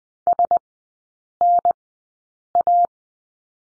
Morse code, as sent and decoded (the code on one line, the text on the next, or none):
... -. .-
SNA